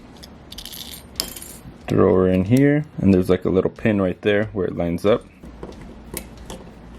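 A metal key insert taken from the old key of a Jeep WJ Grand Cherokee is handled and set into a new plastic flip key fob housing, lined up on a small locating pin. Light metallic jingles and clinks are heard near the start, with a sharp tick at 1.2 s, then someone talks, followed by a few faint taps. Nothing has seated or clicked into place yet.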